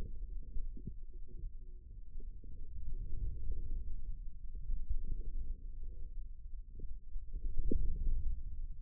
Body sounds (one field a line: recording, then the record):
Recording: forearm muscle sounds (acoustic myography)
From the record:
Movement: wrist extension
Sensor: system 2, bracelet of six BSWA MPA416 microphones around the upper forearm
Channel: 4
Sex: male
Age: 22 years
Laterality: right